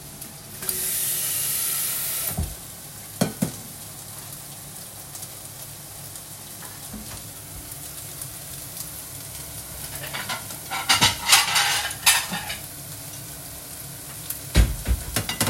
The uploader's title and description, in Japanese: 鶏肉と調理。ジューーーーーーー